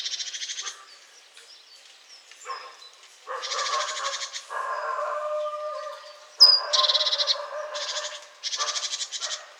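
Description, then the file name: Great tit churring calls: several loud buzzy rattling bursts alternate with lower, softer chattering notes, and one sharp high whistled note is heard partway through. "Parus major"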